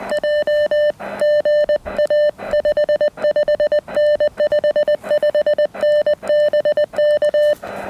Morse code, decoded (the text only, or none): J GA 55N 55N BK